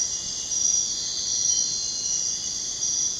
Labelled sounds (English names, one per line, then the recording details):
none
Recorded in secondary vegetation near Puerto Asís, Putumayo, Colombia, on 23 June 2025 at 02:00
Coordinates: 0.484, -76.319
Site G074